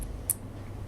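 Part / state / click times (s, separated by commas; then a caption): crimped wire terminals into a servo connector housing / seated / 0.0 s, 0.3 s. Three crimped metal terminals on servo wires are pushed together into a plastic JR/Futaba servo connector housing until they lock. A faint high click sounds at 0.0 s and a sharper, louder click at 0.3 s over low background hum. The terminals are seated and all locked in.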